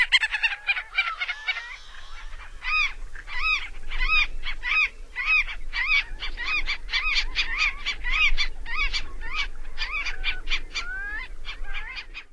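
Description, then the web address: Marbled godwit calls: harsh nasal notes repeated in a rapid series, over a low background rumble. North America. "Songs of Birds of North America Stokes. Marbled Godwit"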